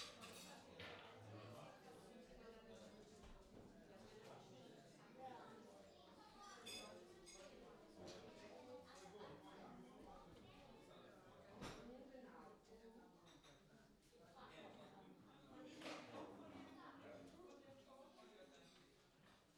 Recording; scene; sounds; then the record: everyday scene through a hearing-aid microphone; many people talking; many voices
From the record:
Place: parish hall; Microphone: in the ear canal, left